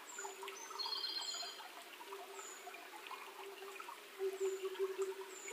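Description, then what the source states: Oriental cuckoo giving low hollow hoots, with a louder quick run of doubled hoots near the end, thin high descending notes and another bird's chirps. 28 May 2010 at 19:08.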